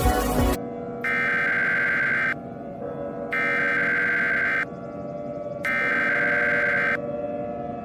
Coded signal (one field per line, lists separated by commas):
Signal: Emergency Alert System (SAME) tones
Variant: header bursts